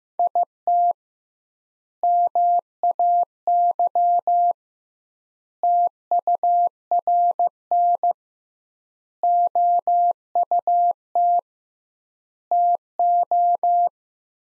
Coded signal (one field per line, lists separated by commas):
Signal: Morse code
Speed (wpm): 15 wpm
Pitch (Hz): 700 Hz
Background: none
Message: IT MAY TURN OUT TO